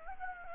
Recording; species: mosquito wingbeat signal from an infrared sensor; Anopheles gambiae